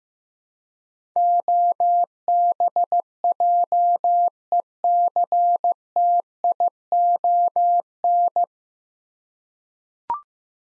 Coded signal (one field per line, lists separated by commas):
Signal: Morse code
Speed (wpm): 15 wpm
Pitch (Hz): 700 Hz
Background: none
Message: OBJECTION